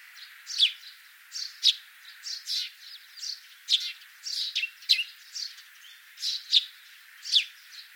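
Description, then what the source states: Sparrows giving quick sharp chirps, louder notes spaced irregularly among softer chirps. Several common sparrows.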